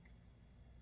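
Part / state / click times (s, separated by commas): gear going into a baitcasting fishing reel / seated / 0.1 s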